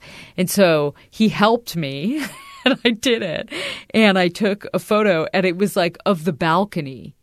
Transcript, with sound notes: And so he helped me (laughter), and I did it. And I took a photo, and it was, like, of the balcony.